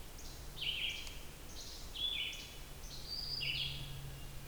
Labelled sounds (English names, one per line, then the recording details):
Red-eyed Vireo song
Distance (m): 25 m
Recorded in boreal forest in Alberta, Canada, on 28 June 2016 at 07:18
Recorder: SongMeter 3, array SBT-6-79
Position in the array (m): 119 m, 191 m